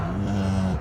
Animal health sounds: contact call of a hoofed animal; cattle; low-frequency (closed-mouth) or high-frequency (open-mouth) call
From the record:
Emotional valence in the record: positive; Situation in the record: visual reunion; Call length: 0.81 s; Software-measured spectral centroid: 1480 Hz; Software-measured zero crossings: 760 a second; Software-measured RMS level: -24 dBFS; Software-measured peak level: -12 dBFS

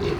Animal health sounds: contact call of a hoofed animal; pig; closed-mouth grunt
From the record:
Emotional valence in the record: positive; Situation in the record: food and toys in familiar pen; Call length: 0.20 s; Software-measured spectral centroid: 1890 Hz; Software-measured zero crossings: 1370 a second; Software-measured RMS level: -25 dBFS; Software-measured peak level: -14 dBFS

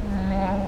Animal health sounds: contact call of a hoofed animal; goat; low-frequency (closed-mouth) or high-frequency (open-mouth) call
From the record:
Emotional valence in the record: negative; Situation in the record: short social isolation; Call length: 0.67 s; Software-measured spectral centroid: 1280 Hz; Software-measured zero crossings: 780 a second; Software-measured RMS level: -24 dBFS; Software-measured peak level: -12 dBFS

